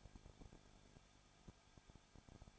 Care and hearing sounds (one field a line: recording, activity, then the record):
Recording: daily activity, microphone in the room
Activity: no activity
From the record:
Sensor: 5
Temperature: 20.9 degrees Celsius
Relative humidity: 35.1%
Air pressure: 994.6 hPa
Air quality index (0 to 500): 153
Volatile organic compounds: 2 ppm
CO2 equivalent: 1278 ppm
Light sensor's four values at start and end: 2/3/1/1 and 2/3/1/1